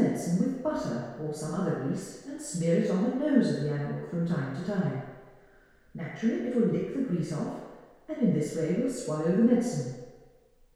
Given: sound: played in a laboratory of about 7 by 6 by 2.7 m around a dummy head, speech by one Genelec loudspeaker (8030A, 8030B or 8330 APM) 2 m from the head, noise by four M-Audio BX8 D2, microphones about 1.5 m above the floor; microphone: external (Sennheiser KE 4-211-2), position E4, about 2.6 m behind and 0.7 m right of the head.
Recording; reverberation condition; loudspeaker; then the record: female speech in English; high; behind (180 degrees)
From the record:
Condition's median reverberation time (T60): about 1300 ms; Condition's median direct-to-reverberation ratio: about -4.0 dB